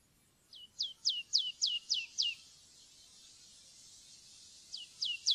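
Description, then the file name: Marsh tit giving a series of seven clear down-slurred whistles, then a pause before three more, over a faint low rumble. "loevmeis"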